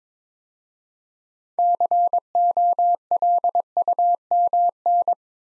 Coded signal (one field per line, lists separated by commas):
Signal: Morse code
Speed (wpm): 22 wpm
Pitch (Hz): 700 Hz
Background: none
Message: COLUMN